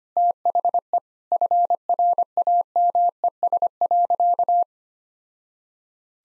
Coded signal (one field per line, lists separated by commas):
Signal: Morse code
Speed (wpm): 25 wpm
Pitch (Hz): 700 Hz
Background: none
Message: THE FRAMES.